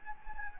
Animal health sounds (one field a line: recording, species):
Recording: mosquito wingbeat signal from an infrared sensor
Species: Anopheles gambiae